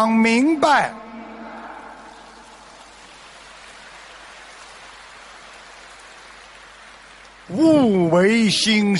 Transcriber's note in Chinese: 掌声